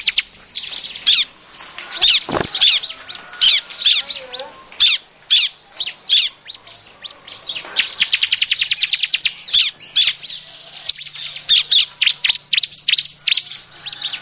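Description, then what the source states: Bar-winged prinia: dense, noisy high-pitched chirping with down-slurred notes, rapid rattling series of clipped ticks, and a low thump early on. Noisy calls used as a lure to attract the bird.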